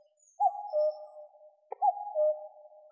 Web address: Cuculus canorus